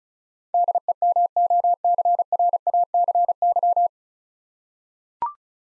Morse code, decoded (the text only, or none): DEMOCRACY